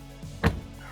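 The rear deck lid of a Porsche 718 Spyder RS is closed into its body latch after the convertible top has been clipped in. After a faint low rumble, it latches shut with one sharp, broadband latch sound at 0.5 s, then goes quiet. The lid is confirmed seated.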